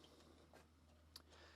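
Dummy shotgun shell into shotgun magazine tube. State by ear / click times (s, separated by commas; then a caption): not seated / none. A weighted dummy shotgun shell with no primer is slid forward through the shotgun's loading port toward the magazine tube. There are faint scraping and ticking sounds, with one brief sharp tick at about 1.2 s, but the shell is catching instead of seating, and nothing has latched or clicked into the magazine tube yet.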